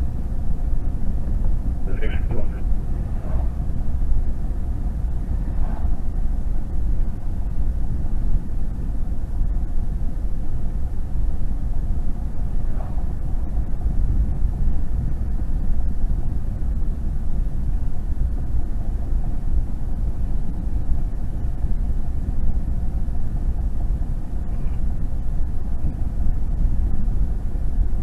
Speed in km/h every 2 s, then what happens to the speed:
76, 77, 79, 79, 76, 77, 77, 77, 77, 76, 76, 76, 74, 76.
0-28 steady at about 76.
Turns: none.